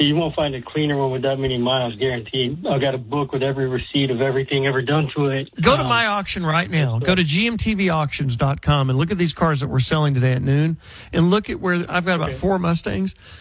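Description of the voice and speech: Fluent, clear adult male radio host talking about a car auction, at a quick, steady radio-talk pace; ordinary voice with no speech disorder.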